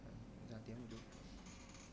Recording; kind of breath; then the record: one breath in and out by a microphone near the nose and mouth; normal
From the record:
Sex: male